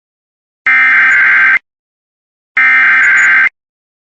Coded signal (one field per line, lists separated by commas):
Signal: Emergency Alert System (SAME) tones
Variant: header bursts